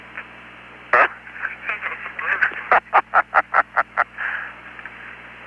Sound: laughter